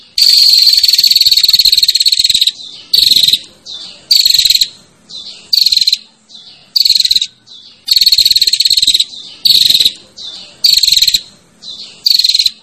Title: Suara Prenjak Betina Ngecirrr Memanggil Prenjak Jantan